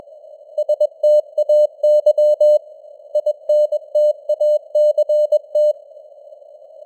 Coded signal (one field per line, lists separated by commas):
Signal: Morse code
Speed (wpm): 21 wpm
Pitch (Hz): 600 Hz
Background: none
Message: STAY INTACT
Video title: Morse Code News | 2026-01-08 | 21wpm